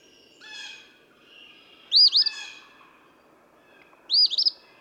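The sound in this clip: Eastern phoebe singing two raspy fee-bee phrases about two seconds apart, with softer sounds in the background.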